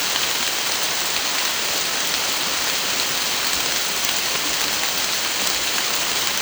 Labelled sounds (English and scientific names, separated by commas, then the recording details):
none
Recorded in secondary vegetation near Puerto Asís, Putumayo, Colombia, on 19 June 2025 at 15:00
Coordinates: 0.485, -76.322
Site GP06